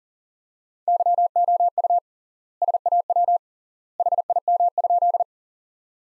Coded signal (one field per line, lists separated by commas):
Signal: Morse code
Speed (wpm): 40 wpm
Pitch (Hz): 700 Hz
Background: none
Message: YOU SAW HIM?